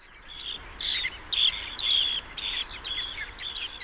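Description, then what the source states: Dunlin flock calling: a series of high, rough chirring notes, about two per second. A flock; this sandpiper flocks to evade aerial predators such as falcons.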